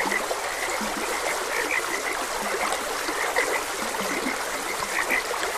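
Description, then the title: Frogs croaking, short bright chirps scattered irregularly, with a few low grunting croaks, over the steady rush of a flowing stream. Frogs croaking beside a gentle stream. "Gentle Stream and Frogs Croaking"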